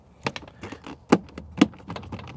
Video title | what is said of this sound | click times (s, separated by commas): Replacing Broken Window Switches in a VW Mk4 | that's all snapped back in place and this little thing goes back in there | 0.3 s, 0.4 s, 1.1 s, 1.6 s